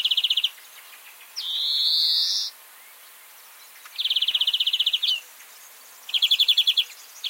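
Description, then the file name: European greenfinch giving fast buzzy trills alternating with a long, nasal, slightly rising wheeze, several trill bursts and one drawn-out wheeze. "Chloris chloris"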